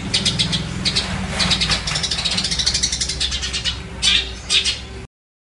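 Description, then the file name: Long-tailed shrike song of chattering high notes and a few sharp whistled accents, over a steady low rumbling hum. Master song recording used for training songbirds; Indonesian name cendet. "cendet master. omkicau"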